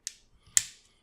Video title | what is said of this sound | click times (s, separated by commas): Nemesis Reviews Transformers Studio Series 08 Blackout | You also want to take there's these slots over here which go over these tabs and they'll click into place real good. | 0.1 s, 0.6 s